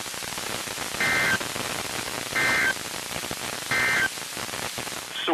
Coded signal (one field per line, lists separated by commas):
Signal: Emergency Alert System (SAME) tones